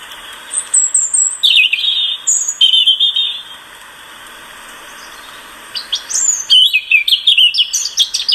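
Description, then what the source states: European Robin song: varied high thin warbles and chirrups in short phrases, a pause of about two seconds, then a faster run of twittering notes. Very varied song with lots of chirruping, rarely repeating; known by its plaintive, sad tone.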